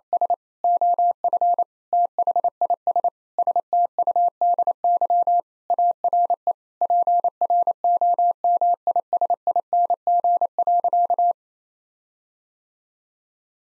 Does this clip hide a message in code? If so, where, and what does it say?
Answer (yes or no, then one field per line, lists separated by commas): yes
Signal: Morse code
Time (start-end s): 0.1-11.3 s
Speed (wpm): 28 wpm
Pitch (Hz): 700 Hz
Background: none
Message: S OF THIS STUDY ARE PROMISING.